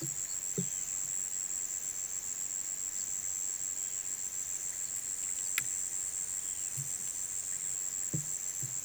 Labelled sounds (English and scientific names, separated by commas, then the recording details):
none
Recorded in pastures near Puerto Asís, Putumayo, Colombia, on 27 June 2025 at 17:00
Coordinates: 0.486, -76.323
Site H29